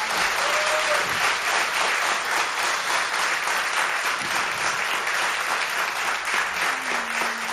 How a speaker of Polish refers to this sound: Może zróbmy też brawa dla pana Jana, prawda? Możemy zrobić.